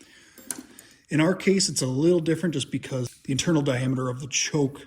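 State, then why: Seated. A thin soft-metal choke plate, its central cutout engaging the shaft, is pressed into the choke shaft of a new replacement carburetor for an Ariens snowblower. After a little faint handling noise, a sharp short hit comes at 0.5 s as the plate pops into place, and then someone talks. The plate is seated.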